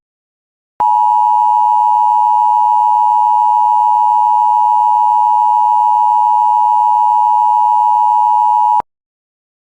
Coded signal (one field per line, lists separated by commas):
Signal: Emergency Alert System (SAME) tones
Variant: 853 and 960 Hz attention tone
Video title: 18x Header on WJON /IP Weatherscan 24/7 [Includes RARE Alerts] EAS 182-199)